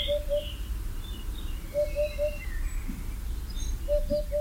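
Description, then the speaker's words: Eurasian Hoopoe song, soft low hollow notes in groups of three, repeated about every two seconds, with faint high bird calls and steady background noise. Characteristic 'houp houp houp' heard from foliage, bird unseen; heard several times, sometimes fairly near; early returning migrant; mainly forested habitat. "mais on l'entendait dans le feuillage en train de pousser son houp houp houp bien caractéristique, la huppe fascia."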